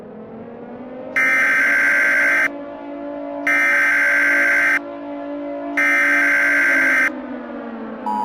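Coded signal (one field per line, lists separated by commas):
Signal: Emergency Alert System (SAME) tones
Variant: header bursts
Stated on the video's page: Fictional recreated EAS scenario.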